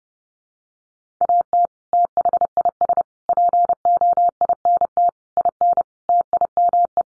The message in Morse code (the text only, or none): AT THIS POINT IN TIME